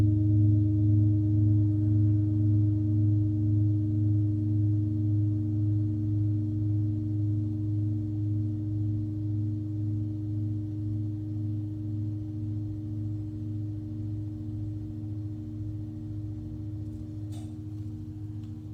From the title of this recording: Tibetan Singiing Bowl